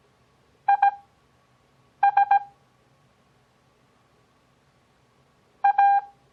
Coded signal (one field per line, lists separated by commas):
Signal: Morse code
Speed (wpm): 17 wpm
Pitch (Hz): 800 Hz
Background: none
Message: IS A